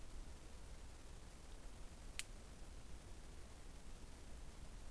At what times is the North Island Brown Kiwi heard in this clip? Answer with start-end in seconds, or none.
none